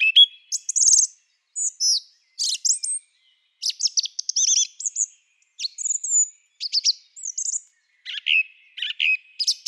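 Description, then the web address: Song thrush pouring out a busy, varied song of high, thin whistles, squeaks and chips in short phrases with brief gaps between them. "Schulze Peter Song Thrush song"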